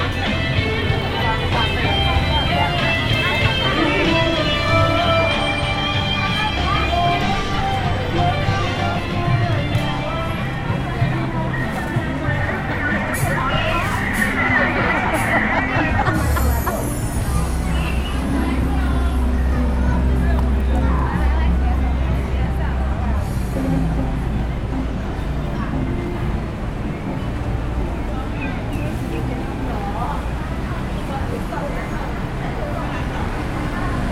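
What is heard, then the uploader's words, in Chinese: Outside an exit of a busy city train station, many people talk at once in a steady, dense crowd murmur. Traffic rumbles low and continuously underneath, with a brief clatter near the middle and a constant level throughout. 在台北的印尼_北平西路。在台北車站東三門出口,是在台工作的印尼朋友假日聚集之地。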